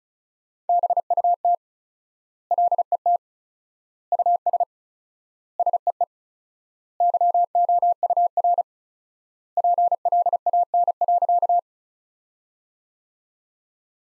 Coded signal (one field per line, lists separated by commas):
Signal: Morse code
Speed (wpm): 36 wpm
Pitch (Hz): 700 Hz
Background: none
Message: BUT LET US SEE YOUR PLAN.